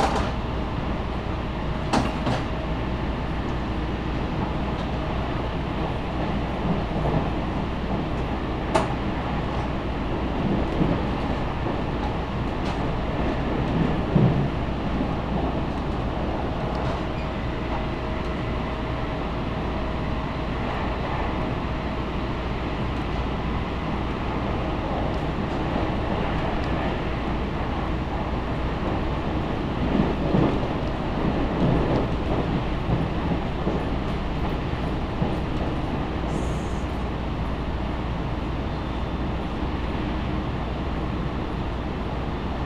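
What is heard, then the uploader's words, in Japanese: A rapid train runs along a main line, heard from inside the carriage as a steady low rumble and rolling hum. The level stays even throughout, with brief clicks and rattles every few seconds and a faint tone passing around the middle. 東海道本線 豊橋→安城（新快速）。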